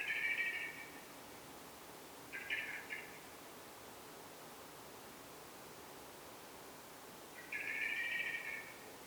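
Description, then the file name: Common blackbird chattering call, three short rattling bursts spaced a few seconds apart over a quiet hiss. "Turdus merula"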